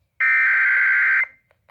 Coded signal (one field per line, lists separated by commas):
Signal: Emergency Alert System (SAME) tones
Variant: header bursts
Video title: WELCOME BACK TO NC! EAS Alerts from 7/31/20 (EAS #4,792 - 4,831)